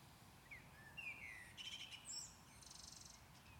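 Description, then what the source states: Common blackbird giving a short warbled phrase, a falling whistled note then a quick buzzy, high-pitched twitter at the end, against quiet hiss. Recorded at Maindy.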